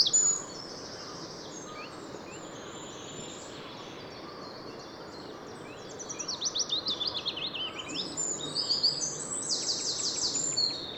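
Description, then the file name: Eurasian wren song, faint high notes at first, then from about six seconds a fast, shrill sequence of trills and rattles that continues to the end over background hiss. "Troglodytes troglodytes"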